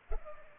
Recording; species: mosquito wingbeat signal from an infrared sensor; Culex pipiens